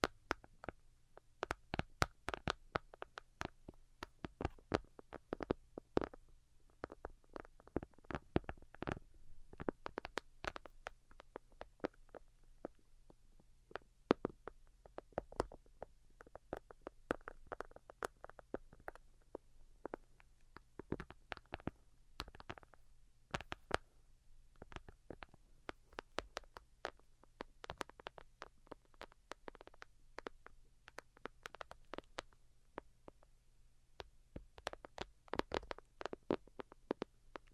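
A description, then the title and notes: Delicate tapping in quick, irregular bursts runs through the whole 38 seconds, each tap a sharp, crisp click. The taps come in dense clusters with brief gaps between them, over a faint, steady low hum underneath. Most Delicate and Calming Tapping.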